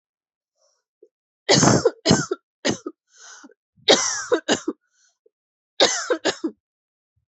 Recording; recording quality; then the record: heavy voluntary cough; excellent, no background noise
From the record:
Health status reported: healthy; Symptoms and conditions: none ticked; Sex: female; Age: 25 years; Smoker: not ticked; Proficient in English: yes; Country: India